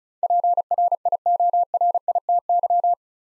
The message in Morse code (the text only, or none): PRIORITY